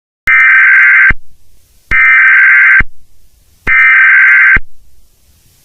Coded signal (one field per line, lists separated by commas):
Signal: Emergency Alert System (SAME) tones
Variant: header bursts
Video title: 1997 ITBS EAS Alert